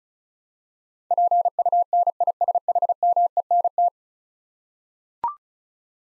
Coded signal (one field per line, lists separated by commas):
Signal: Morse code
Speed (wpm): 36 wpm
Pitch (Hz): 700 Hz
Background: none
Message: PUNISHMENT